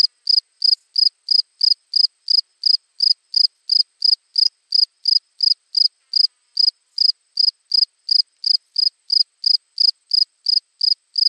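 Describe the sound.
Cricket: steady series of high cricket chirps, about three a second, with one faint click midway.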